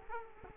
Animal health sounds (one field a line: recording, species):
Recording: mosquito wingbeat signal from an infrared sensor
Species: Culex quinquefasciatus